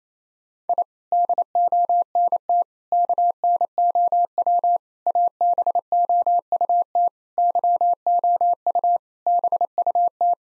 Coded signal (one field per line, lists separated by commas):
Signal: Morse code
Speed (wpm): 28 wpm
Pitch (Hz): 700 Hz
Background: none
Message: I DONT KNOW ABOUT YOU BUT